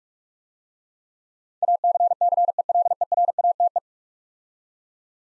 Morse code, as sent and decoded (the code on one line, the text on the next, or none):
.- -.-. -.-. . .-.. . .-. .- - .
ACCELERATE